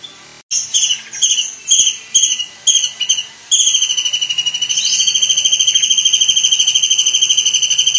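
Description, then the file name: Kingfisher calling: several short, shrill, piercing notes, then a sustained rapid pulsing trill on one high pitch that continues to the end. "suara burung tengkek udang"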